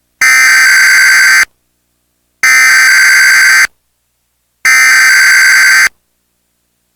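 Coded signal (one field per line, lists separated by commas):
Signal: Emergency Alert System (SAME) tones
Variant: header bursts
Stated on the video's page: Fictional concept EAS alerts, not real.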